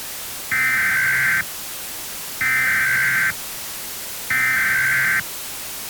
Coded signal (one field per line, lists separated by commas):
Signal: Emergency Alert System (SAME) tones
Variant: header bursts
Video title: EAS Short - Dam Break